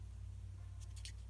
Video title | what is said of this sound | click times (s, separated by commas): TinyPi Pro Build Update #2 | found the hole but it's not fully seated you know there isn't full contact there or it's not fully inserted into the pie | 1.1 s